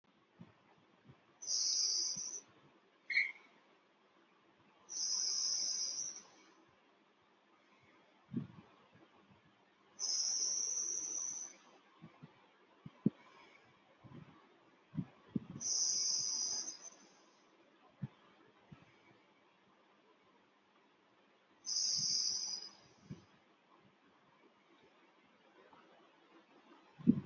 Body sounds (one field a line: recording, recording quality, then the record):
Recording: deep breathing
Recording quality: excellent, no background noise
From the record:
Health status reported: healthy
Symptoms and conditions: none ticked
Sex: female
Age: 25 years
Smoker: not ticked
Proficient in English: yes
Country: India